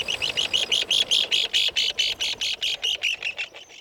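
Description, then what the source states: Least Auklet calls: a rapid series of short buzzy chattering notes throughout. Seabird.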